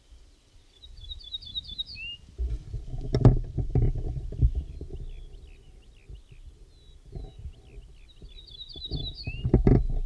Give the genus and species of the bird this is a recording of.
Emberiza hortulana